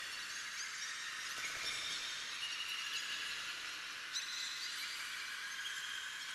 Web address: Hollywood Edge sound designer's toolkit v 2 Bird Ambience In Cave Heavy Bird Chirps and Squeaks